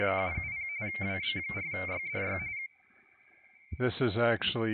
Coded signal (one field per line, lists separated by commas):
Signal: RTTY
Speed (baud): 45.45 baud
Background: speech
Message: 770 WB4YDY